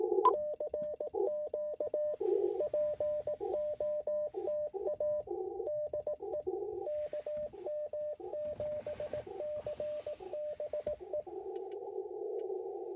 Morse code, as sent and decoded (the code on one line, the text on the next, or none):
-.-. --.- / .--. --- - .- / -.. . / -.- -- --... -.-. -... .
CQ POTA DE KM7CBE